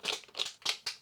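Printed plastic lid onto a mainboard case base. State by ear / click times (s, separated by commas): seated / 0.9 s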